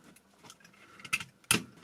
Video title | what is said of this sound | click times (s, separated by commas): Stunning!! REVIEW HORNBY LNER P2 CLASS | And then you hear a click. | 1.5 s